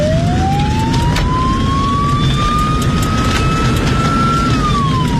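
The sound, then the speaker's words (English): A police siren wails in a traffic jam at night, its pitch climbing slowly and steadily before dipping near the end, over a loud, constant rumble of engines and road traffic. No one speaks. “Look at this traffic jam, even at this time of night. It's time to use the siren, I think.”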